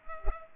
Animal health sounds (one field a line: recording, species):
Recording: mosquito wingbeat signal from an infrared sensor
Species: Culex pipiens